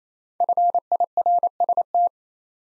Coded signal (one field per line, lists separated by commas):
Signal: Morse code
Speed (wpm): 27 wpm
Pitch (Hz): 700 Hz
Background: none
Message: FIRST